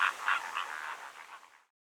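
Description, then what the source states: Greater flamingo honking calls, several nasal goose-like notes that trail off and fade to silence. Calling, in Greece.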